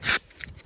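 A CO2 cartridge dropped into an airsoft pistol grip is pierced as the handle/screw is tightened until the seal breaks. A short bright hiss opens the clip, then a quieter rubbing stretch with a sharp pierce click at 0.4 s. The cartridge is seated and pierced with no leaking.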